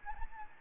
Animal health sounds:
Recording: mosquito wingbeat signal from an infrared sensor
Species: Anopheles gambiae

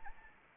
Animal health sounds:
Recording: mosquito wingbeat signal from an infrared sensor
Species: Anopheles arabiensis

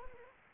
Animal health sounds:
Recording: mosquito wingbeat signal from an infrared sensor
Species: Anopheles arabiensis

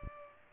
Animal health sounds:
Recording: mosquito wingbeat signal from an infrared sensor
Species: Culex pipiens

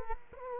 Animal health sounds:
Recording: mosquito wingbeat signal from an infrared sensor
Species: Culex quinquefasciatus

